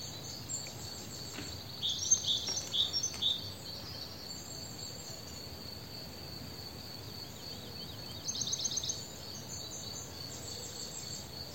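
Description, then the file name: Great tit calls: two brief bouts of high, sharp repeated notes, one early and one later, separated by a quiet stretch of steady background hiss. "Parus major"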